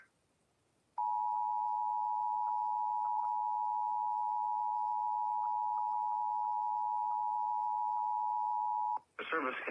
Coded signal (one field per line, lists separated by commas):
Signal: Emergency Alert System (SAME) tones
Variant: 853 and 960 Hz attention tone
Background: speech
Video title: EAS Fire Warning #11 3/14/25 (Credit Goes To @SouthernPennsylvaniaWX & @KanawhaCountyWX)